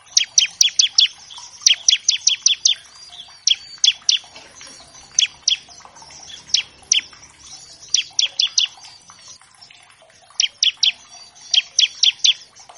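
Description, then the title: Bar-winged Prinia singing rapid clusters of bright, high chipping notes, often in quick runs of three or four. Bird in active song, recorded as a master track for training captive songbirds. "Ciblek Gacor Vs Kenari Gacor. Pancingan Ciblek bahan agar cepat bunyi"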